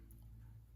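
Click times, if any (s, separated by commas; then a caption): 0.1 s. The small gravity lock piece of a board-game card storage box is set into its outlined spot and the assembly is turned over. A single short, sharp tick sounds at 0.1 s over a steady low hum as the lock drops into its locked position and seats.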